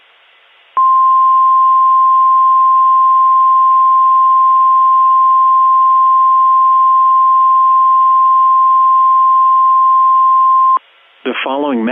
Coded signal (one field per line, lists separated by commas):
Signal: Emergency Alert System (SAME) tones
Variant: 1050 Hz attention tone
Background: speech